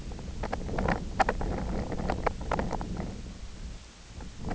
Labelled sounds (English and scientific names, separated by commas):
none